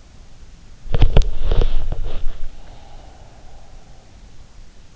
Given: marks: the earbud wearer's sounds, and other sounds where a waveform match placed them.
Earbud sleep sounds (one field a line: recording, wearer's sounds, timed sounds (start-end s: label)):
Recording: sounds in sleep by an in-ear microphone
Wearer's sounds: body movement, breath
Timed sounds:
0.86-2.50 s: body movement
0.95-4.11 s: breath